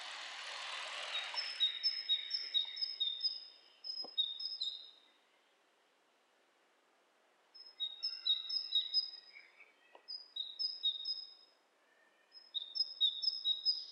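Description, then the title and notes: Bird calls: quick bursts of high, thin paired chirps repeated in rapid runs, with a silent gap midway before the chirping resumes in further bursts. Two birds interacting; lo-fi recording. "bird dialogs. lo-fi recording of two birds interacting"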